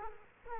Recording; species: mosquito wingbeat signal from an infrared sensor; Culex quinquefasciatus